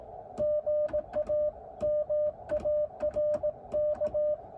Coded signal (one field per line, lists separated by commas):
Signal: Morse code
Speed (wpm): 18 wpm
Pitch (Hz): 590 Hz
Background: none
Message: GA MARK